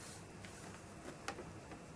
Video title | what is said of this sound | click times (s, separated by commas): FoodSaver Review // Glasgow Mummy #ad | And then you push it until it clicks out on either side. You can see the green bit popped | 1.3 s